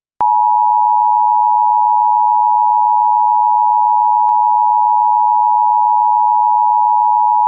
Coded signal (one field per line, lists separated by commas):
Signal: Emergency Alert System (SAME) tones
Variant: 853 and 960 Hz attention tone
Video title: EAS Scenario #5: Toppat Turmoil